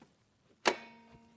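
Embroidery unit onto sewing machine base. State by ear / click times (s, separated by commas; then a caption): seated / 0.7 s. An embroidery unit is slid onto a sewing machine base and clicks into place at 0.7 s with one sharp, bright snap and a short ringing tail. The click is the sign that the unit is seated and the machine is now set up for embroidery.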